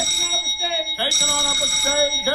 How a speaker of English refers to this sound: Are we up to speed? Right. Four bells.